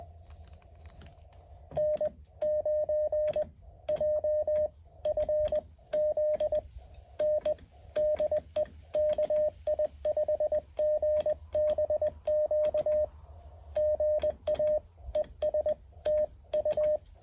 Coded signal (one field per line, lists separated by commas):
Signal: Morse code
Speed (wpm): 21 wpm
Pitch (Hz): 610 Hz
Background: radio noise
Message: N9JFZN DE KI5GBQ GA ES TU